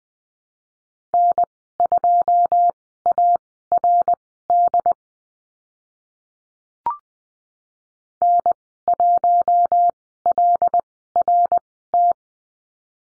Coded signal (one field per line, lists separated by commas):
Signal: Morse code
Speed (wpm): 20 wpm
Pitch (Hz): 700 Hz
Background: none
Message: N2ARD N1LRT